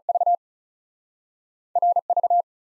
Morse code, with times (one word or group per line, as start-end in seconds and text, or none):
0.1-0.3 V
1.8-2.0 R
2.1-2.4 V